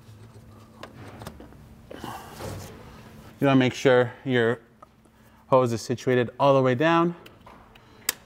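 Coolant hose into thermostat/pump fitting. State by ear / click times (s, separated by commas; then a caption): seated / 8.1 s. During a water pump and thermostat replacement on a BMW E83 X3 with an N52 engine, a coolant hose is pushed all the way down onto its thermostat/pump fitting while someone talks. A loud, sharp click at 8.1 s marks the hose locking into the fitting, fully seated.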